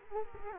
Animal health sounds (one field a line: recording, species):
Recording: mosquito wingbeat signal from an infrared sensor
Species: Culex quinquefasciatus